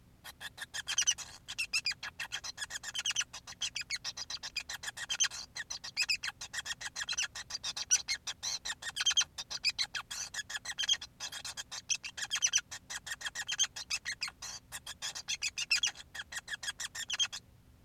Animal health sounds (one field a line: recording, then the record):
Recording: song of a male Bengalese finch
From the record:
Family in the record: son of father 5